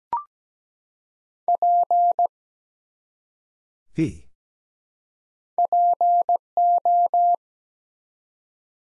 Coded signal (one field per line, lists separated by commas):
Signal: Morse code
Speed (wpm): 17 wpm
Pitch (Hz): 700 Hz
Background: none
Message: P PO